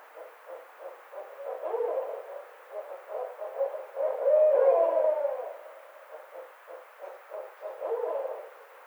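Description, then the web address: Barred owl in a steady stream of quick, low hoots, about four a second, rising to a loud, quavering slurred call midway before continuing with short hoots. Recorded 29 May 2009. "Barred Owl 2009 05 29 Barred Owl 03"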